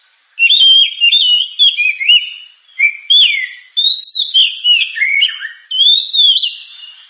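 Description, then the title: Oriental magpie-robin song: a lively string of clear whistled phrases delivered in quick succession. Loud, sharp 'gacor' (constantly singing) kacer song, described as suited for use as 'pancingan' to prompt other birds to sing. "Kacer Gacor Suara Tajam. Kacer Gacor Suara Super Kenceng Cocok untuk Pancingan"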